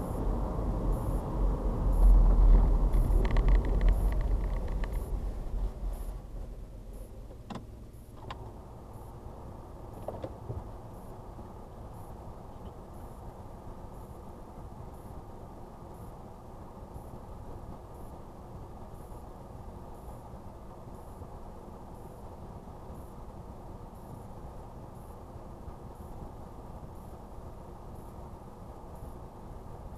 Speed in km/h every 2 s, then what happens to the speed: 37, 27, 10, 3, 3, 2, 2, 0, 2, 2, 3, 3, 2, 2, 3.
0-6 brakes to 3. 10-18 standing. 18-23 steady at about 3. 23-26 standing.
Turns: none.